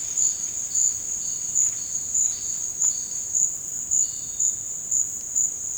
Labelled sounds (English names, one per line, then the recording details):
none
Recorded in dense forest near Puerto Asís, Putumayo, Colombia, on 8 March 2025 at 17:00
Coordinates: 0.486, -76.317
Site G053